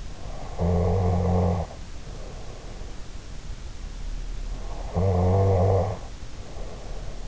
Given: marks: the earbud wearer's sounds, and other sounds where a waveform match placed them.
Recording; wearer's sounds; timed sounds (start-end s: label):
sounds in sleep by an in-ear microphone; snoring breath
0.40-2.56 s: snoring breath
4.60-7.28 s: snoring breath